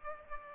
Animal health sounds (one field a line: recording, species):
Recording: mosquito wingbeat signal from an infrared sensor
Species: Aedes aegypti